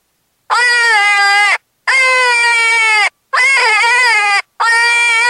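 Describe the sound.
Cottontail rabbit distress screams: four long, harsh, wailing cries of about a second each, rich in harmonics, separated by brief pauses.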